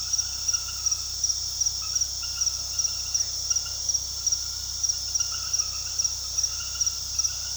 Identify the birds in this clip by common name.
none